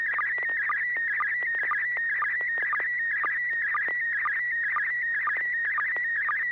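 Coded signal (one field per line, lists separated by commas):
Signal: SSTV (slow-scan television)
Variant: PD120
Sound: warbling tone around 2 kHz, interrupted by regular short lower blips about twice a second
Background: low hum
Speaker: this will be pd120 and I actually don't know what this is so we'll we'll figure it out together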